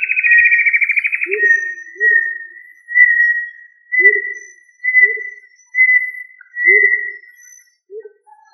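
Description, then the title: Tinamou whistles: a wavering high note settles into a long, steady whistle lasting several seconds, while six short low hooting notes repeat at irregular intervals beneath it. "Familia Tinamidae - Quail - Puyuh"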